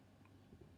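Alignment pins on push rods are handled as the two sections of a model submarine's watertight cylinder are put together. Only quiet, low handling noise is heard, with a few faint soft knocks near 0.5–0.6 s. Nothing has seated or locked into place yet.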